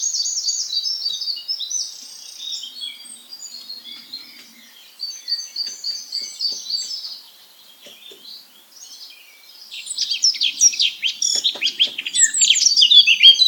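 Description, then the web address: Eurasian blackcap song: a long run of rich, varied warbling notes, high and chattering, with a louder burst of quick scratchy and fluty phrases toward the end. "SETE data Sylvia atricapilla"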